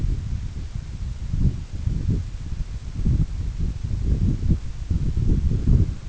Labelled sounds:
none

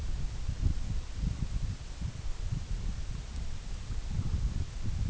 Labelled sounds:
none

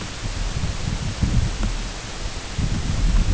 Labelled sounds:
none

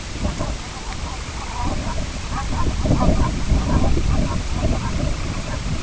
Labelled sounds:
unidentified sound, Semipalmated Sandpiper (Calidris pusilla)

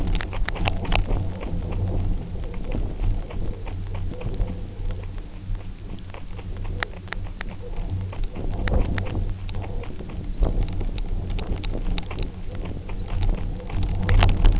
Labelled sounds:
Red Phalarope (Phalaropus fulicarius)

